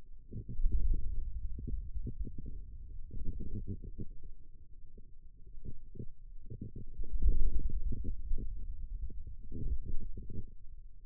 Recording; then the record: forearm muscle sounds (acoustic myography)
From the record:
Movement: ulnar deviation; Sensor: system 2, bracelet of six BSWA MPA416 microphones around the upper forearm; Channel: 6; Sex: male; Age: 22 years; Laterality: right